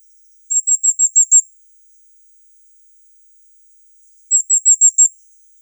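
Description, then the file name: Firecrest calling: two quick bursts of five or six piercing, very high notes, separated by a pause of nearly three seconds. "Korolek krasnogolovyj"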